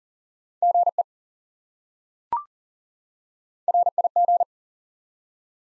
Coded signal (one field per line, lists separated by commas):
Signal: Morse code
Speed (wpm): 40 wpm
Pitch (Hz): 700 Hz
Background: none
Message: GE RIG